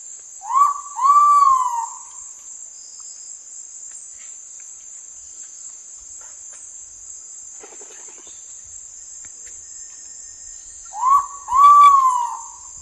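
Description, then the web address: Ivory-breasted pitta giving a mellow two-part whistle, a short rising note then a longer slurred hoot, heard twice about ten seconds apart over a steady high insect drone. Part of an Indonesian bird sound collection. "ULM-DS-Lab indonesian-bird-sounds Pitta maxima"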